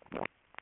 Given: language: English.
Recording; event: throat vibration sensor signal played as sound; swallow